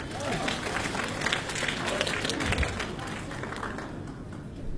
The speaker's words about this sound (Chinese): 大家掌声有请。